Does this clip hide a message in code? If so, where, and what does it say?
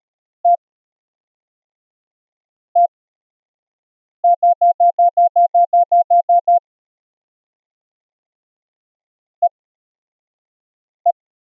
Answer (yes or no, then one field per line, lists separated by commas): no